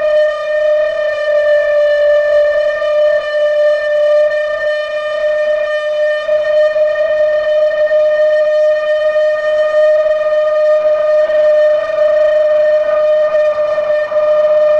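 A railroad switch gas-jet flute sounds one steady, whistling tone for the whole stretch, with a bright stack of overtones above it and a hissing, breathy rush underneath. The pitch sags slightly early on, then holds level without a break, its loudness staying nearly constant.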